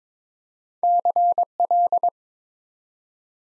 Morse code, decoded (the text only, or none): CL